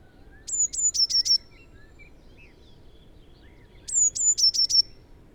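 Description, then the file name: Eurasian blue tit song: two phrases of high, sharp notes falling into a short trill, with soft twitters between them. "Cyanistes caeruleus"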